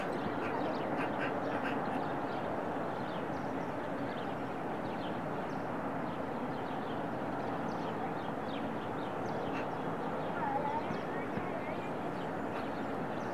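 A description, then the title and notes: A daily outdoor recording from the Serra de Collserola natural park: a dense, steady murmur fills the low and middle range throughout, with a faint rumble like a passing vehicle. Short bright chirps and calls dot the upper range, with a brief whistle-like call around ten seconds. Daily recordings from my studio in the Serra de Collserola natural park.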